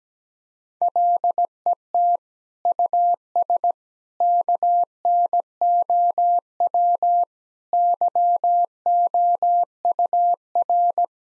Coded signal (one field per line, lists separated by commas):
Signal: Morse code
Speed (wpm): 17 wpm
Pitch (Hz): 700 Hz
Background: none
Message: LET US KNOW YOUR